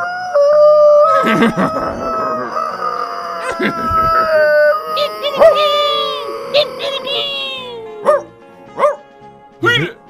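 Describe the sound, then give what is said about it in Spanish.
A chorus of coyotes howls over one another in long, wavering, high-pitched cries, broken by sharp yips and a few short bursts of barking toward the end. “Nadie sabe por qué los coyotes volvieron a aullar.”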